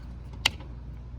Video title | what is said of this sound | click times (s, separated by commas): How to Install Map Lights,Trunk Lights & License Plate Lights on a 370Z | there you go once you hear that click boom you're done | 0.5 s